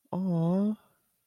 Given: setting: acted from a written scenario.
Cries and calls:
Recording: vocal sound without words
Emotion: adoration

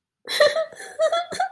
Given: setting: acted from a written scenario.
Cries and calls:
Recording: vocal sound without words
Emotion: sadness

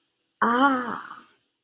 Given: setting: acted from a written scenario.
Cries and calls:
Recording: vocal sound without words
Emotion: realization

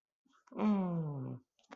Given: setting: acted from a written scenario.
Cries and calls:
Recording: vocal sound without words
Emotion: adoration

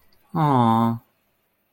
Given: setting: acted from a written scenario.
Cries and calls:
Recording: vocal sound without words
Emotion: sympathy

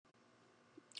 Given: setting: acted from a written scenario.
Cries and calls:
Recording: vocal sound without words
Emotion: adoration

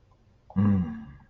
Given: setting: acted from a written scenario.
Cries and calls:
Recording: vocal sound without words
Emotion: relief

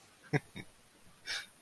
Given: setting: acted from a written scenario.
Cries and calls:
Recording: vocal sound without words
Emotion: amusement

